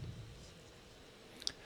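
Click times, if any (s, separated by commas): 1.4 s, 1.5 s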